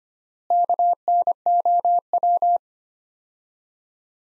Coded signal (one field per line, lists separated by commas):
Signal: Morse code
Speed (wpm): 25 wpm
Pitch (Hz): 700 Hz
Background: none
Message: KNOW